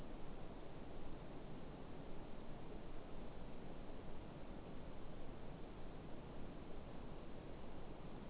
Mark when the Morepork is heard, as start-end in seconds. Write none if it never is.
none